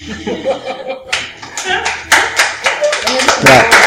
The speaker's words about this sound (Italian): Applaudite, sono le ultime soddisfazioni, diamogliele, voglio dire.